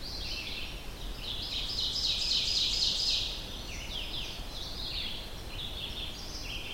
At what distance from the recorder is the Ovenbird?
about 30 m